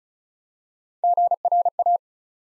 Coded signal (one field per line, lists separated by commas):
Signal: Morse code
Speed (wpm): 36 wpm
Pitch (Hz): 700 Hz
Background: none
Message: GRA